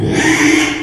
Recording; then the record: squeal of a Yucatan mini pig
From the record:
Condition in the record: after surgery on the right vocal fold (resection and tissue-engineered implant); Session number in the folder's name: 3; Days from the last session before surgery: 33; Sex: male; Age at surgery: 12 weeks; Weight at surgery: 13 kg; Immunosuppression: cyclosporine, prednisolone